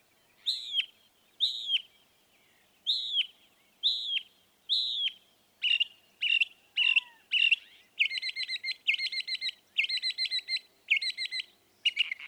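Northern mockingbird song: slow repeated slurred notes, then quicker sharp notes, then rapid buzzy rattling phrases repeated in short bursts.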